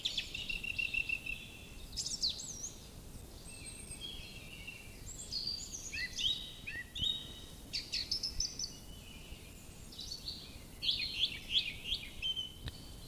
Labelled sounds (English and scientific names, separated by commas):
Song Thrush (Turdus philomelos) song